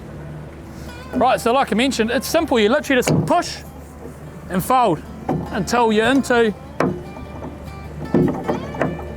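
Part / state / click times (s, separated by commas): outrigger pole into its boat-mounted rigger base / seated / 8.8 s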